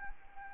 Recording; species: mosquito wingbeat signal from an infrared sensor; Anopheles arabiensis